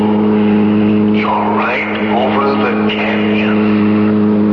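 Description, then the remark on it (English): A car engine drones loudly and steadily, its pitch swooping up and down in a few revving surges as it accelerates. “But the car. Not the car.”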